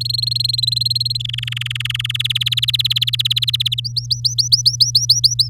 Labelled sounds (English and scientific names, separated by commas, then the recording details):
Domestic Canary (Serinus canaria) song
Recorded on 9 May 2018 at 09:12
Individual llb16